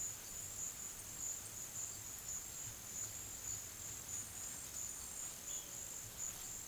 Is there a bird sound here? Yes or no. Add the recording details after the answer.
no. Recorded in pastures near Puerto Asís, Putumayo, Colombia, on 25 June 2025 at 15:00. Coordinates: 0.487, -76.322. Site H26